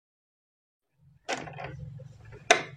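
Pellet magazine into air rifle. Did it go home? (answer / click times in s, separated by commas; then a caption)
yes / 2.5 s. A rotary pellet magazine is pushed into an air rifle until it feels snug, with a low hum and faint handling noise beginning around 1.3 s. A sharp, loud click at 2.5 s marks the magazine seating in place.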